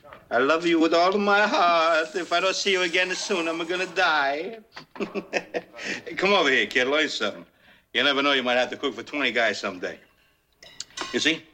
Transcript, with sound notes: I love you with all my heart. If I don't see you again soon, I'm going to die (laughter). Come over here, kid. Learn something. You never know, you might have to cook for 20 guys someday. You see,